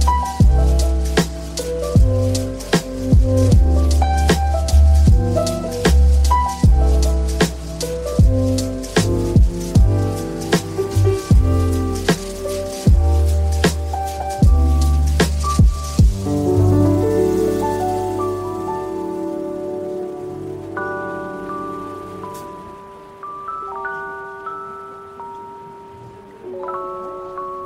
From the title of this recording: Beach Cafe Ambience With Relaxing Coffee Shop Music, Ocean Waves, Soft Chatter